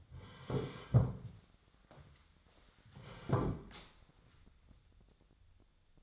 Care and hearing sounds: daily activity, microphone in the room; sit down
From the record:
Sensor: 3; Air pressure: 1015.2 hPa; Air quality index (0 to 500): 136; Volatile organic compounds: 6 ppm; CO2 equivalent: 1936 ppm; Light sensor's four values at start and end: 11/29/11/13 and 14/37/15/16

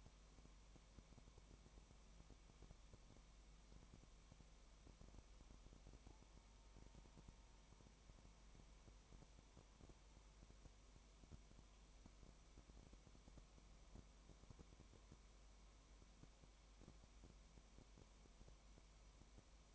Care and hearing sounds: daily activity, microphone in the room; no activity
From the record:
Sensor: 1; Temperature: 19.1 degrees Celsius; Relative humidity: 34.1%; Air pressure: 1001.3 hPa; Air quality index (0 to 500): 82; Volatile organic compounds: 1 ppm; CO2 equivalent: 821 ppm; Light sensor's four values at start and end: 1/2/1/1 and 1/2/1/1

